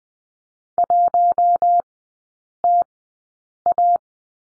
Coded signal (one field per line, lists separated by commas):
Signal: Morse code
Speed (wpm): 20 wpm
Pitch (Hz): 700 Hz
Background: none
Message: 1TA